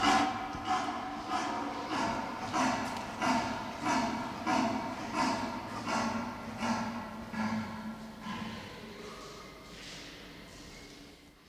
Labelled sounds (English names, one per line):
Leopard call